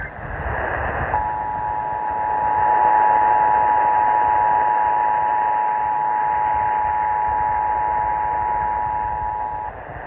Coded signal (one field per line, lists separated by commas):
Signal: Emergency Alert System (SAME) tones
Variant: 853 and 960 Hz attention tone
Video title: EAS #153/155 - Iowa Required Monthly Test (Oct 4, 2023)